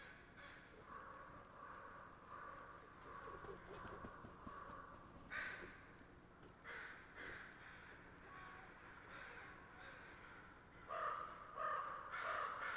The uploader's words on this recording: The site is a permanent roost for a mob of ravens. On a daily basis, though, their home is utilized by a murder of crows as a staging area for their final roost. After a long day of foraging, the crow gang descends to overrun the area before moving along. They sound agitated. The ravens are listening, waiting to see if it’s okay to go about again.